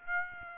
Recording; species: mosquito wingbeat signal from an infrared sensor; Aedes aegypti